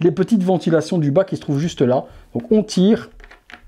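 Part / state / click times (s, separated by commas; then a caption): 3D-printed plastic clip into console ventilation slots / not seated / none. Someone talks while handling a 3D-printed plastic clip meant to snap into the lower ventilation slots of a PlayStation 5 console, with a few faint, brief handling ticks near the end around 3.3 to 3.7 seconds. Nothing has seated or clicked yet; the clip ends just before the part goes home.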